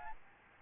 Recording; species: mosquito wingbeat signal from an infrared sensor; Aedes albopictus